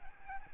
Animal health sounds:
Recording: mosquito wingbeat signal from an infrared sensor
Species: Aedes albopictus

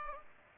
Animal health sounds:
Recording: mosquito wingbeat signal from an infrared sensor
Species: Aedes aegypti

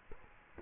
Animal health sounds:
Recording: mosquito wingbeat signal from an infrared sensor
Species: Culex quinquefasciatus

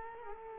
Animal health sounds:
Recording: mosquito wingbeat signal from an infrared sensor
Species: Culex quinquefasciatus

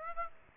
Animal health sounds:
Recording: mosquito wingbeat signal from an infrared sensor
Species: Aedes aegypti

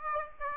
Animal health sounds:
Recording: mosquito wingbeat signal from an infrared sensor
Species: Aedes aegypti

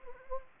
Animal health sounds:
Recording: mosquito wingbeat signal from an infrared sensor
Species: Anopheles gambiae

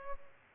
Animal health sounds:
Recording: mosquito wingbeat signal from an infrared sensor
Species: Culex pipiens

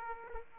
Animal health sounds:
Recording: mosquito wingbeat signal from an infrared sensor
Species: Aedes aegypti

